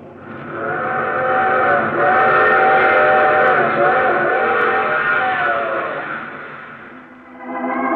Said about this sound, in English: I take this same train each week at this time.